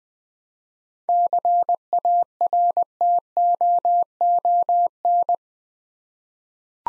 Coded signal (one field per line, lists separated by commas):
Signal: Morse code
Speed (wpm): 20 wpm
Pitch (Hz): 700 Hz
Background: none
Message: CARTOON